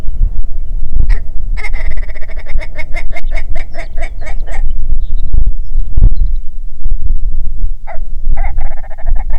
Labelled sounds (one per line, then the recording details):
songbird
grouse or ptarmigan
wind
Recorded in the Prudhoe Bay oil fields, Alaska, on 6 June 2019 at 04:21
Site 16